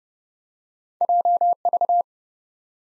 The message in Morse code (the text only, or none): JV